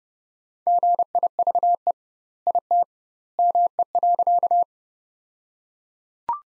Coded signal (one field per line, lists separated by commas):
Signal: Morse code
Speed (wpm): 30 wpm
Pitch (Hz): 700 Hz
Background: none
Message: GIVE IT ME.